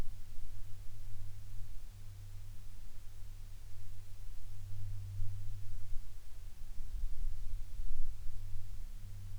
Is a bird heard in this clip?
no